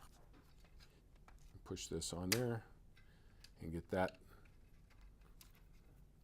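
A replacement part is fitted onto a Marvin retractable window screen roller and worked to line it up before being pushed all the way down, with faint handling noises while someone talks. The part has not seated or clicked yet.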